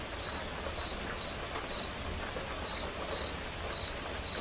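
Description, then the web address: Crickets giving brief, high chirps roughly every half second, with a gentle rush of rain underneath. Crickets chirping along with quiet rain. "som de chuva silenciosa com acompanhamento de grilos"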